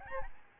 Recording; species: mosquito wingbeat signal from an infrared sensor; Aedes albopictus